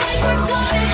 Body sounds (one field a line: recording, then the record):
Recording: coughing mixed with background sound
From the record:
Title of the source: Female coughing - Sound effects